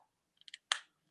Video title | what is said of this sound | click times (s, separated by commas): Stallion AI Services Live Webinars: Tullis Talks About, Using the iSperm for Semen Analysis. | Hear a click. That means it's really compressed the fluid. | 0.7 s